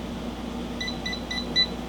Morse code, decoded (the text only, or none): none